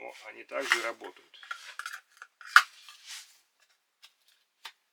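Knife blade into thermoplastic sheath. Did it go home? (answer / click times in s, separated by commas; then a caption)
yes / 2.6 s. Someone talks as a Yakut knife is pushed into its dirty, 10-year-old Boltaron (kydex-like plastic) sheath, with rivets rusted in places and paint worn off. Scraping and rubbing build to a sharp click at 2.6 s as the sheath retains the blade. The knife is seated, showing the sheath still closes with a click after ten years of constant use.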